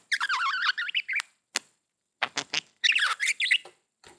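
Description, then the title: Budgerigar calls: a wavering, warbled chatter, then sharp clicks and short squawks, then another burst of rapid warbling squeaks. "Budgie Sounds"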